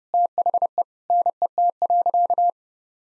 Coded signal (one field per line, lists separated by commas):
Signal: Morse code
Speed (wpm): 28 wpm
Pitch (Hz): 700 Hz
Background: none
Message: THE NET.